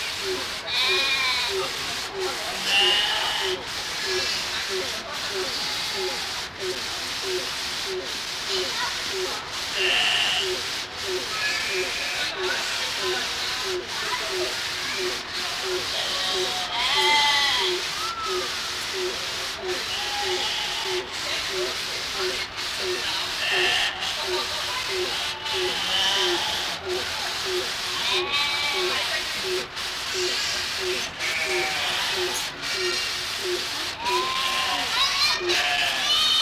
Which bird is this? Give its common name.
Gray Crowned-Crane